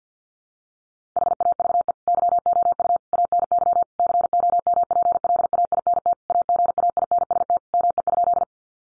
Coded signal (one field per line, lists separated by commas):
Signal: Morse code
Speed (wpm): 50 wpm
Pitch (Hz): 700 Hz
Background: none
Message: HAVE YOU ANY COMPLAINT AGAINST ME?